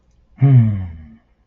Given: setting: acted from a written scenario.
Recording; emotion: vocal sound without words; confusion